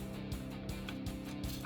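A plastic horn part is fitted to a model Triceratops head but does not lock in and spins freely. Over steady background music, a few soft plastic knocks and taps sound around 0.3 s, 0.9 s and 1.1 s. The horn has not seated or clicked into place yet.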